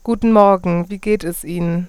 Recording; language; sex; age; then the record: spoken sentence; German; female; 20 to 29 years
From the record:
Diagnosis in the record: healthy voice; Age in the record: 24 years